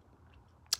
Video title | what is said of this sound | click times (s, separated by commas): DIGITAL (IPAD) PLANNER 👩🏽‍💻 | it will hold on there we go and it clips you don't have to ram it or jam it or push it too hard it automatically does it see you heard a click so really nice so | 0.7 s